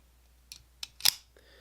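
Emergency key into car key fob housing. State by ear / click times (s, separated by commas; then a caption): seated / 1.1 s. A metal emergency key is slid back into the plastic housing of an Audi key fob (2019–2024 A4, A5, A6, A8, Q5, Q7, TT) until it latches. A few small clicks and scrapes come at about 0.5 s, 0.8 s and 1.0 s. A sharp, loud click at 1.1 s marks the key seating in place.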